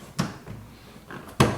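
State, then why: Not seated. A plastic camera holder mount is pushed and turned into a gear head track adapter on a canoe thwart. A sharp plastic knock sounds at 0.2 s, a softer tick at 1.1 s and the loudest hit at 1.4 s, with quiet handling between. The mount has not locked in place yet.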